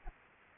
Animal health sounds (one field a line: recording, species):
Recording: mosquito wingbeat signal from an infrared sensor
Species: Anopheles arabiensis